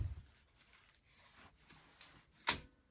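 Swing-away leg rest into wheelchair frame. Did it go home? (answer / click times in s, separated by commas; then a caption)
yes / 2.5 s. A swing-away leg rest is wiggled down onto a wheelchair frame and swung round, with soft low handling thumps and faint rustling before it. A single sharp, bright click at 2.5 s marks the leg rest seating back into the frame, secured.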